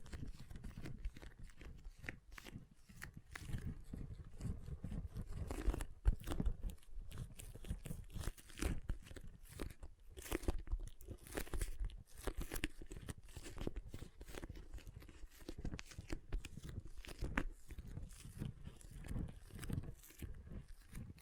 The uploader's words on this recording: ASMR Soothing & Deep Water Beads Sounds (No Talking).